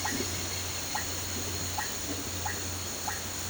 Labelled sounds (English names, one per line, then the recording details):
none
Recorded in pastures near Puerto Asís, Putumayo, Colombia, on 8 March 2025 at 14:30
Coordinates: 0.466, -76.322
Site CSA-02